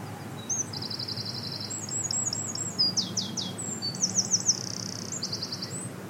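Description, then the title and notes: Eurasian wren singing a fast, high, tumbling series of trills and sweeping notes through most, over a constant low rushing background. Wild bird singing on a beach in Rhu, just outside Helensburgh, Scotland, heard while walking after a long day at work. "The Song Of The Eurasian Wren. As I am walking on a beach in Rhu, just outside of Helensburgh Scotland, I hear this song"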